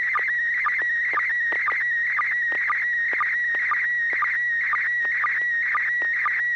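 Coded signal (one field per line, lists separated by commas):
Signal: SSTV (slow-scan television)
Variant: PD120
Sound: steady warbling tone around 1.9 kHz, interrupted by short lower chirps about twice a second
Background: low steady hum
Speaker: roger here goes uh first off let's make sure i got [Applause] vd-120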